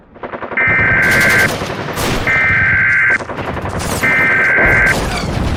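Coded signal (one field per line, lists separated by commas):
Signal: Emergency Alert System (SAME) tones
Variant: header bursts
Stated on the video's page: EAS tones as heard in the film Battle: Los Angeles.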